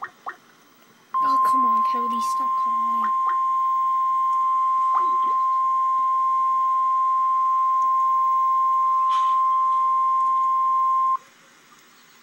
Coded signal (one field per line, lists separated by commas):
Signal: Emergency Alert System (SAME) tones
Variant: 1050 Hz attention tone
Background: speech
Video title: REAL EAS 367-Severe thunderstorm warning